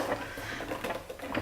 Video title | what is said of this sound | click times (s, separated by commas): SODASTREAM DOES THIS THING REALLY WORK | why is there no clicking to confirm | none